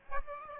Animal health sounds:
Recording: mosquito wingbeat signal from an infrared sensor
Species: Aedes aegypti

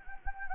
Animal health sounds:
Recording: mosquito wingbeat signal from an infrared sensor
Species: Anopheles gambiae

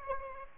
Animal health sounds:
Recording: mosquito wingbeat signal from an infrared sensor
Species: Aedes aegypti

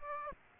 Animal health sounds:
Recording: mosquito wingbeat signal from an infrared sensor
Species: Aedes aegypti

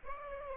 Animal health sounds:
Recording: mosquito wingbeat signal from an infrared sensor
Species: Aedes aegypti

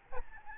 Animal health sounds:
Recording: mosquito wingbeat signal from an infrared sensor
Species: Aedes albopictus

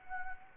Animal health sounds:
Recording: mosquito wingbeat signal from an infrared sensor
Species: Anopheles arabiensis

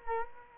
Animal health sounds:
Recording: mosquito wingbeat signal from an infrared sensor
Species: Culex quinquefasciatus

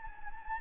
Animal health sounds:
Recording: mosquito wingbeat signal from an infrared sensor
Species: Anopheles gambiae

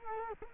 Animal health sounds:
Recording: mosquito wingbeat signal from an infrared sensor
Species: Culex quinquefasciatus

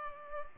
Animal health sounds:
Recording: mosquito wingbeat signal from an infrared sensor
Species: Culex pipiens

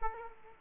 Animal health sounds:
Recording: mosquito wingbeat signal from an infrared sensor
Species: Aedes aegypti

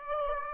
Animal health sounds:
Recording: mosquito wingbeat signal from an infrared sensor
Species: Aedes aegypti

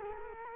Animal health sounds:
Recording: mosquito wingbeat signal from an infrared sensor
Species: Culex quinquefasciatus

